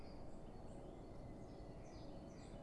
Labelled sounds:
Great Tit
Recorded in Germany
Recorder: ecoPi

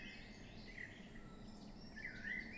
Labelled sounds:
Eurasian Blackcap
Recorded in Germany
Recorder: ecoPi

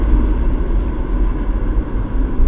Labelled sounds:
Mallard
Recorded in Germany
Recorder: ecoPi

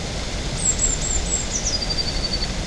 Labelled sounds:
Eurasian Blue Tit
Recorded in Germany
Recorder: ecoPi

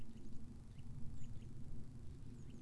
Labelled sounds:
Eurasian Blue Tit
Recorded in Germany
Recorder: ecoPi

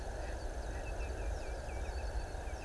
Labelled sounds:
Common Chiffchaff
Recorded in Germany
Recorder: ecoPi

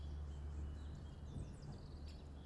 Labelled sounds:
Eurasian Blackcap
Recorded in Germany
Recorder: ecoPi

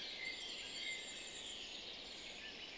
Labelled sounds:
Common Chaffinch
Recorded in Germany
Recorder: ecoPi

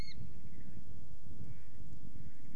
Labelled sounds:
Mallard
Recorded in Germany
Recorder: ecoPi

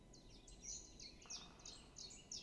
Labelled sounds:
Great Spotted Woodpecker
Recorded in Germany
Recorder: ecoPi

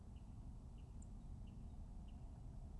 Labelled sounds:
Song Thrush
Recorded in Germany
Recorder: ecoPi

